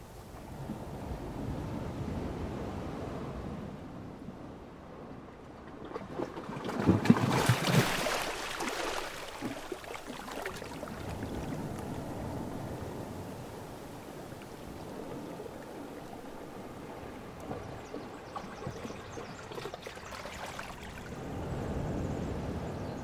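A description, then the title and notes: Water rushes between rocks in a continuous low, churning wash that rises and falls in slow swells. Around seven to eight seconds a brighter, hissing surge sweeps through, and a smaller swell builds again near the end. I love that anticipatory sound of water rushing between the rocks as it approaches.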